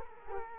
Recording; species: mosquito wingbeat signal from an infrared sensor; Culex quinquefasciatus